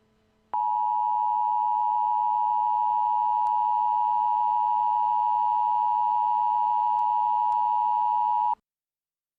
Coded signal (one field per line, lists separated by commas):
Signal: Emergency Alert System (SAME) tones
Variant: 853 and 960 Hz attention tone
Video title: EAS Scenario #21: Creeper Invasion 2